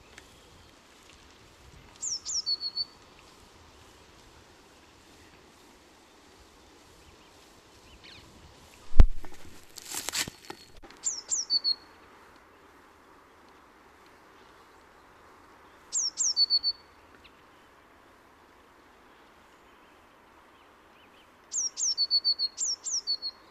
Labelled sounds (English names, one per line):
Eurasian Blue Tit song